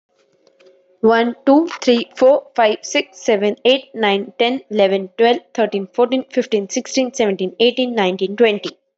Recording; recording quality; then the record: counting at a fast pace; excellent, no background noise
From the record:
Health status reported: respiratory illness, not identified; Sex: female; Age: 26 years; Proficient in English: yes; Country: India